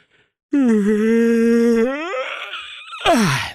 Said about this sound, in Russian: Однако вместо магии, электрических разрядов или какого-нибудь огненного шара я всего лишь потянулся и протяжно зевнул.